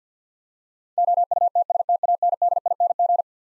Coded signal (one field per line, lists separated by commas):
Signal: Morse code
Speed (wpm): 50 wpm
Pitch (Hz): 700 Hz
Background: none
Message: OUTSTANDING